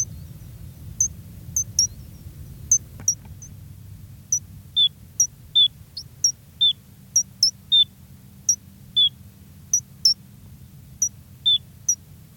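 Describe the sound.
Gray's lark calls: high chips at fairly regular intervals, joined later by occasional downslurred notes, over a low background hum.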